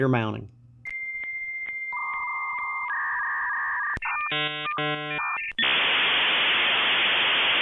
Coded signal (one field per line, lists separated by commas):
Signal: dial-up modem handshake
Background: speech